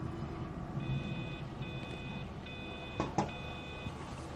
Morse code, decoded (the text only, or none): none